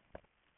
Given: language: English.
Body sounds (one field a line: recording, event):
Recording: throat vibration sensor signal played as sound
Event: swallow